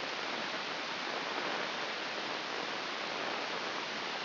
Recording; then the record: brain microelectrode recording played as sound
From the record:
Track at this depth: inside the subthalamic nucleus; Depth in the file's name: 3.029 mm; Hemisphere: left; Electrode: 2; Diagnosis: Parkinson's disease